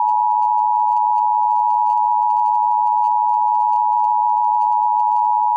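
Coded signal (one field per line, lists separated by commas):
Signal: Emergency Alert System (SAME) tones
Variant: 853 and 960 Hz attention tone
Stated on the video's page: Fictional EAS scenario, a simulated alert rather than a real broadcast.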